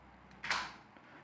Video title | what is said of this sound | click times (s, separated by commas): Amazing Barbershop Transformations Compilation - Ep. 20 (Low Fade Haircuts) | just clicks into place | 0.4 s, 0.5 s